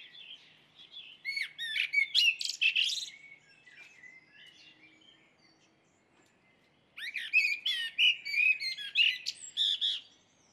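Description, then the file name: Common blackbird singing two separate phrases of fluty notes mixed with sharp high squeaks, divided by a quieter stretch. "Merel"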